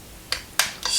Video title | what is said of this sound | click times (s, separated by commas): Building the Airfix 1/72 B-24D Liberator “Lady Be Good” | snaps into place. Just there. | 0.6 s